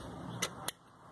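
An electrical terminal connector, which fits only one way, is plugged into its socket on a resoldered and refitted part of a Vectra GT sedan. Two sharp clicks are heard at 0.4 s and 0.7 s, and the connector snaps into place, seated.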